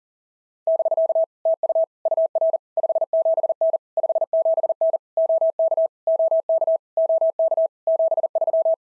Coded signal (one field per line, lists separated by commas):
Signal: Morse code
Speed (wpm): 40 wpm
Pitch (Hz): 650 Hz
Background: none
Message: <BK> TU UR 57N 57N OK OK OK 73